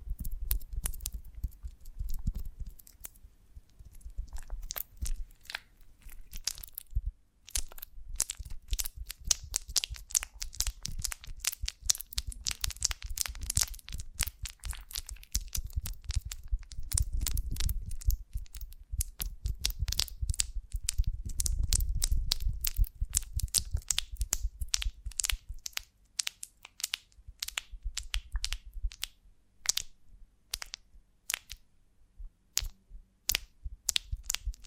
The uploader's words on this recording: ASMR of a Honeycomb on Branch (No Talking).